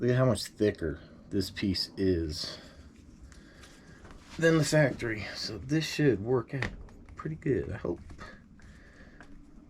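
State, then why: Seated. An aftermarket plastic bumper mount from Garage Life is pressed onto the chassis of an Arrma Outcast 8s RC basher truck while someone talks about how much thicker it is than the factory part. After the talking fades, a short snap at 9.2 s marks the mount seating into place.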